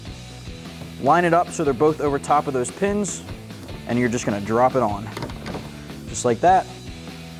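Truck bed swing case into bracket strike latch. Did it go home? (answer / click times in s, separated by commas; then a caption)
no / none. An UnderCover Swing Case, a plastic swing-out tool box for a 2002-2018 RAM 1500 truck bed on the driver side, is lifted, lined up over both hinge pins, set down and swung back in toward the metal strike plate on its bracket while someone talks. Faint handling noise sits under the talk, with a steady low hum throughout. Nothing has latched or clicked yet when the clip ends.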